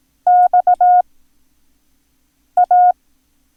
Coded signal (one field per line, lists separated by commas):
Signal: Morse code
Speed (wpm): 18 wpm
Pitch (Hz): 720 Hz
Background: none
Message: XA